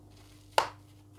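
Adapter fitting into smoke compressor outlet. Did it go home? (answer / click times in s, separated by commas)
yes / 0.6 s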